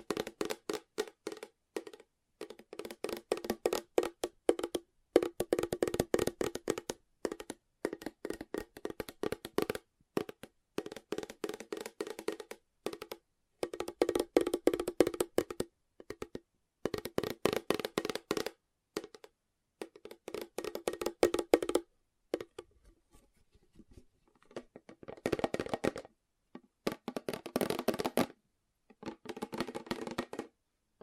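Fast tapping runs in quick bursts of sharp, dry clicks, each burst lasting a second or two before short pauses. The taps are dense and rapid, with a knocking body in the low middle range and crisp bright edges. Toward the end the bursts grow softer and sparser.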